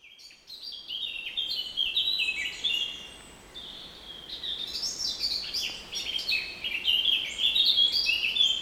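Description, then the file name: Eurasian blackcap delivering almost continuous, varied warbling, with chattering high notes that grow louder and brighter toward the end. "Sylvia atricapilla"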